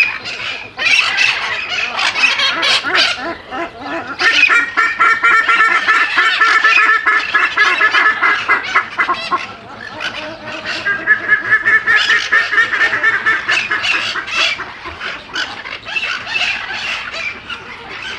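A South American aviary, crowded with overlapping bird calls for the whole stretch. Squawking, honking voices and rapid bright chatter pile on one another without pause, swelling louder around the fifth and twelfth seconds, with a faint low rumble underneath.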